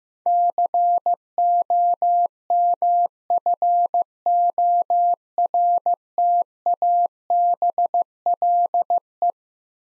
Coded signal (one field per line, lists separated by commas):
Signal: Morse code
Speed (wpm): 15 wpm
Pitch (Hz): 700 Hz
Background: none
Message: COMFORTABLE